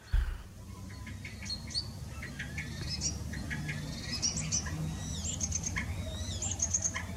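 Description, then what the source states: Common Starling calls: a scattered mix of thin whistles, clicks and short high slurred notes over a low steady hum. Not often heard.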